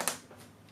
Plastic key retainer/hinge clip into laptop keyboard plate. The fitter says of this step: line those up with their clips, set them down, and when it's lined up, just push those top in and they'll snap into place. Snap,